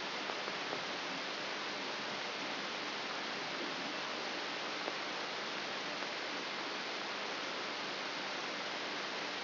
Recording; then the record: brain microelectrode recording played as sound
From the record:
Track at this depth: inside the subthalamic nucleus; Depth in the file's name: 1.905 mm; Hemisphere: left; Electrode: 3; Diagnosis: Parkinson's disease